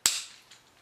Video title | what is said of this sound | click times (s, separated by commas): Transformers Power of the Primes Exclusive Wreck-Gar - GotBot True Review NUMBER 433 | you heard the snap there I find that it's the tightest that the legs peg on this mold | 0.1 s